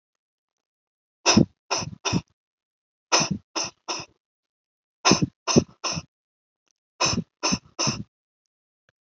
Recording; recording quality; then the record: shallow voluntary cough; excellent, no background noise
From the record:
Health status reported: healthy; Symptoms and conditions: diabetes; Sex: male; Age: 66 years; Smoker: not ticked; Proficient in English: yes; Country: India